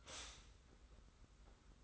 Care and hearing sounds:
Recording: daily activity, microphone in the room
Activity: stop toaster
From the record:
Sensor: 3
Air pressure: 991.6 hPa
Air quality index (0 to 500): 182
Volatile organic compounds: 1000 ppm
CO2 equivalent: 6077 ppm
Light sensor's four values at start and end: 41/117/47/42 and 41/117/47/42

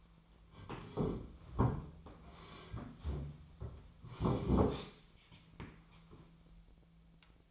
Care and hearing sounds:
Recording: daily activity, microphone in the room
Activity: sit down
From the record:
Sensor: 1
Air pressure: 1008.1 hPa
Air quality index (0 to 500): 191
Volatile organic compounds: 17 ppm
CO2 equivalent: 2582 ppm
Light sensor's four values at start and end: 13/32/13/14 and 13/34/13/15

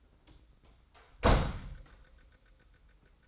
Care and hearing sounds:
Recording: daily activity, microphone in the room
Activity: close door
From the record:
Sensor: 3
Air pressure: 990.4 hPa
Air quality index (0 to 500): 171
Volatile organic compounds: 1000 ppm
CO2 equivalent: 5523 ppm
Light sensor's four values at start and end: 48/113/46/44 and 48/113/46/44

